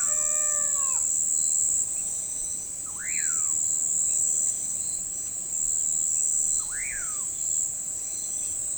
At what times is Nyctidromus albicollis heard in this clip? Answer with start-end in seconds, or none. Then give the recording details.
2.83-3.54, 6.58-7.27. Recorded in forest near Pivijay, Magdalena, Colombia, on 17 April 2023 at 05:00. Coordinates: 10.467, -74.380. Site Z5-G034